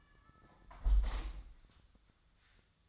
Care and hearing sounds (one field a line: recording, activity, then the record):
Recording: daily activity, microphone in the room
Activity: close window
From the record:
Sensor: 3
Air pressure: 1004.5 hPa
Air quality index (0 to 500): 86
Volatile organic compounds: 2 ppm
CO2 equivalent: 1316 ppm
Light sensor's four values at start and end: 7/17/7/6 and 7/16/6/6